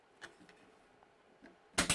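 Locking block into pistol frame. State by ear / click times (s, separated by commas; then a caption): seated / 1.8 s. During reassembly of a KelTec P50 pistol, the locking block is pushed down into the frame. A few faint ticks come before a sharp, loud click at 1.8 s, quickly followed by a second strong snap. The locking block seats and locks into place.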